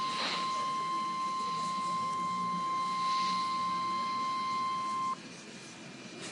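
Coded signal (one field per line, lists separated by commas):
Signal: Emergency Alert System (SAME) tones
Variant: 1050 Hz attention tone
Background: speech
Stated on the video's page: Severe thunderstorm watch SAME tones received on a NOAA Weather Radio receiver.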